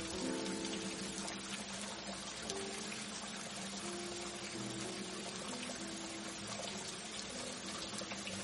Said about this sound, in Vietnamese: Hơn nữa, ngoài chợ Chipping trời đang mưa.